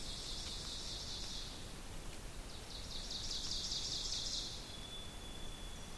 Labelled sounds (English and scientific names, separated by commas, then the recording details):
Ovenbird (Seiurus aurocapilla) song
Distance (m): 70 m
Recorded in boreal forest in Alberta, Canada, on 2 June 2016 at 06:15
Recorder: SongMeter 3, array SBT-3-7
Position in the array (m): 193 m, 4 m
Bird 6